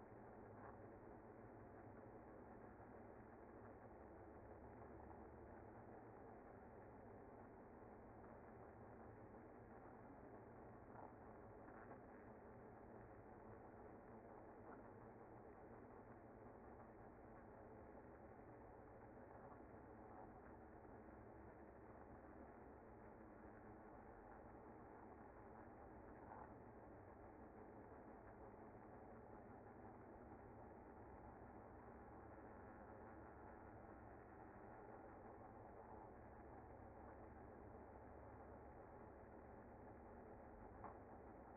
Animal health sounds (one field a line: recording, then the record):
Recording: honeybee colony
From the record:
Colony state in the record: active